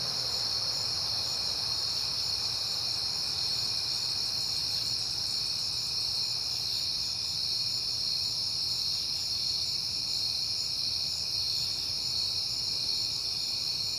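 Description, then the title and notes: Cricket chorus of unbroken high-pitched trilling, steady throughout, with a soft wash of low noise briefly near the start. Crickets on a peaceful night in September. "Night Time: Crickets and Passing Cars. It is September and I have been hearing the crickets a lot, but finally had a peaceful night to make the recording"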